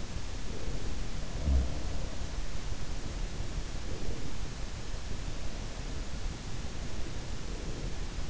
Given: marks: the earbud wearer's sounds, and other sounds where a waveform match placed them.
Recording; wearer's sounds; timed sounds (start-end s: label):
sounds in sleep by an in-ear microphone; breath
0.17-2.31 s: breath
1.08-2.14 s: sound from someone else or the room
2.98-4.79 s: breath
5.60-8.30 s: breath